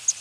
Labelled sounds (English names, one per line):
Palm Warbler flight call